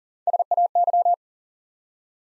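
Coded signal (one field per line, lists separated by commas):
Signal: Morse code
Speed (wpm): 39 wpm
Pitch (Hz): 700 Hz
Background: none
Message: SAY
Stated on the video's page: Morse Code Ninja practice set at 40 wpm building 3-letter words one letter at a time, for instant character recognition training.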